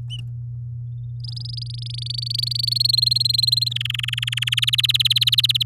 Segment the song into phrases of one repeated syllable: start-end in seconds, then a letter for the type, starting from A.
1.20-2.91 A, 2.93-3.69 B, 3.71-4.60 C, 4.62-5.63 D